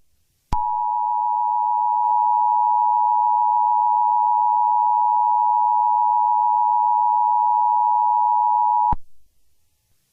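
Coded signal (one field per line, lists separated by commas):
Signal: Emergency Alert System (SAME) tones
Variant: 853 and 960 Hz attention tone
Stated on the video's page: Fictional EAS scenario containing valid tones, with sirens.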